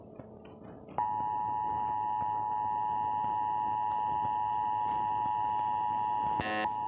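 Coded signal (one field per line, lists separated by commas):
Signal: Emergency Alert System (SAME) tones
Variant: 853 and 960 Hz attention tone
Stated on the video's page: Simulated EAS scenario of a North Korea nuclear missile alert.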